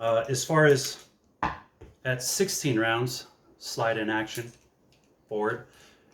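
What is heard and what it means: A 16-round magazine is handled at the grip of a Sig Sauer P365 X-Macro Comp pistol with the slide forward while someone talks, and a brief sharp tap sounds near 1.4 s. The magazine has not seated or clicked home yet.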